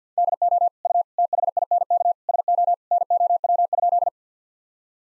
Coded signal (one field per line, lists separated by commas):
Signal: Morse code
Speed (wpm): 50 wpm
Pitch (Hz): 700 Hz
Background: none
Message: DO U THINK SO NOW?